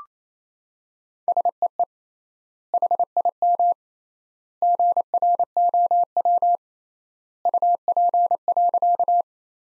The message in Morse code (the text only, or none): SEE HIM GROW UP.